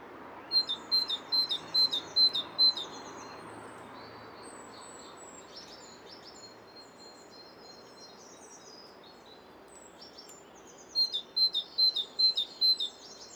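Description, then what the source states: Great Tit song: quick repeated two-note ringing phrases at the start and again near the end, separated by a quiet stretch with faint other chirps and steady background noise. Classic 'teacher' song of two strident, forceful tones repeated; ringing quality that carries above traffic.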